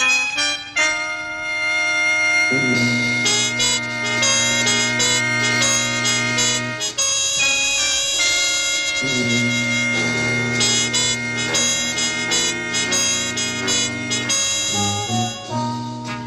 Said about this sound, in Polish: Zaczynamy od przypomnienia dwóch słuchowisk z cyklu Teatrzyk Zielone Oko. Pierwsze powstało 50 lat temu w Radiu Wrocław. Niespodzianka, bo tego sygnału Teatrzyku Zielone Oko mogli byli Państwo jeszcze nie słyszeć.